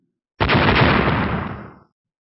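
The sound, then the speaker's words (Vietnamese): A single loud explosion bursts in abruptly, a dense, rumbling roar with heavy low end that holds for a moment and then fades out over about a second and a half. “Một tiếng nổ mạnh rung trời, vô số sóng khí hai màu vàng trắng trào lên khắp nơi, vô số toái thạch bay tứ phương, suýt nữa xé rách màn sáng phòng hộ của lôi đài.”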